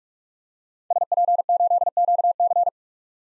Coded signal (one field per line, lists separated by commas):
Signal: Morse code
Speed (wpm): 46 wpm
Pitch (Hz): 700 Hz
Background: none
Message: SP8QC